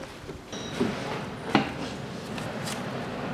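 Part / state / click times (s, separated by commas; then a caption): outer CV joint onto the car's drive shaft / not seated / none. An outer CV joint is handled on the splined drive shaft of a 2004 VAZ 2110 (Lada 2110) with a 1.5 16-valve engine. Low handling noises run throughout, with a single sharp metallic knock at about 1.6 s. Nothing has seated or clicked into place yet.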